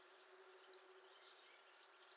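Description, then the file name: Eurasian blue tit calling: two thin, very high notes followed by five slightly lower, even notes in a quick chattering run. "Cyanistes caeruleus"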